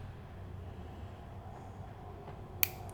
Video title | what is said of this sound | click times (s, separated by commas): Live stream build of the SeeMeCNC H2 3D printer. | you probably heard that snap that tells me that the Allen wrench is not the right size | 2.6 s